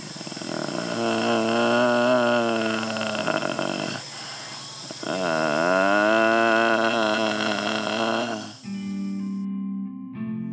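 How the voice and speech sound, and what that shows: Two long, wavering hummed vocal tones from a man whose brain injury was thought to leave him mute, never to speak; the sound declares that he still exists. Music follows.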